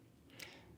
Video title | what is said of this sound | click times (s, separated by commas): Is this a Pilot Vanishing Point Competitor?! (Goulet Q&A 326) | that locks into place. | 0.4 s